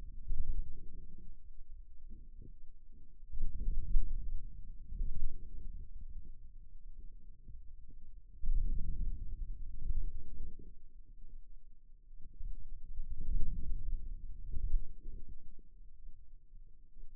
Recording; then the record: forearm muscle sounds (acoustic myography)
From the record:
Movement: outward rotation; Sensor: system 2, bracelet of six BSWA MPA416 microphones around the upper forearm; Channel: 1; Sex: male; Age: 22 years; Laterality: right